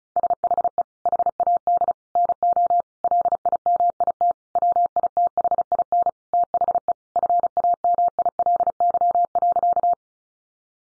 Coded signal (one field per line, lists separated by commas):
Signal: Morse code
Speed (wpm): 34 wpm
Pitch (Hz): 700 Hz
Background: none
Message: SHE HAD NO LIMIT WITHIN THE FAMILY.